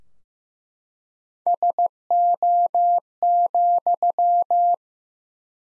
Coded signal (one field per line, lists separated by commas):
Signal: Morse code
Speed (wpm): 15 wpm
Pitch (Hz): 700 Hz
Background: none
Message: SO,